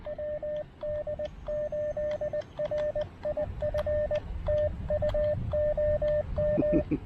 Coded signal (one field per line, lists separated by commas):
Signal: Morse code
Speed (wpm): 19 wpm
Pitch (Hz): 590 Hz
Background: radio noise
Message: WD8RIF TU OM